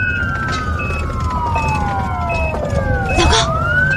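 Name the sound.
ambulance siren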